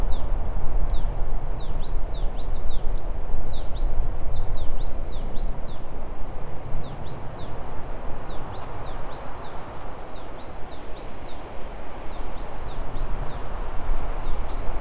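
Bird calls: many thin, high, downward-sweeping chirps in an irregular series over loud, constant low background noise.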